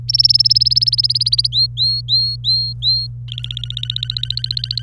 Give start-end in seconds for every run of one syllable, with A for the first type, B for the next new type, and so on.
0.08-1.47 A, 1.52-3.07 B, 3.28-4.83 C